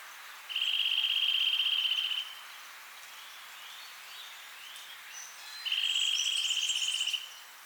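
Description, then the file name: Eurasian nuthatch trill: two rapid, even, high-pitched pulsed trills, each about one and a half seconds long, with faint higher chirps in the background. "Sitta europaea"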